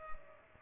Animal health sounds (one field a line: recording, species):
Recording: mosquito wingbeat signal from an infrared sensor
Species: Culex pipiens